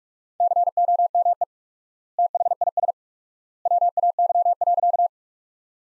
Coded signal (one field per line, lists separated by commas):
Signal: Morse code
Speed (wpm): 46 wpm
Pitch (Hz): 700 Hz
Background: none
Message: COME THIS WAY.